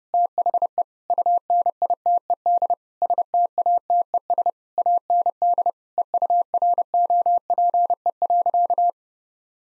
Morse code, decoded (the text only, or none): THE UNITED STATES AND EUROPE.